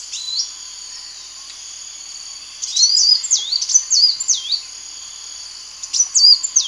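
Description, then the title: Java sparrow singing a single note, then after a pause a fast string of ringing, dipping and rising tones, with a brief burst again near the end. "kicau gelatik"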